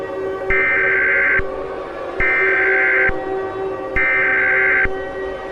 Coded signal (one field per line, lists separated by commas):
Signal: Emergency Alert System (SAME) tones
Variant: header bursts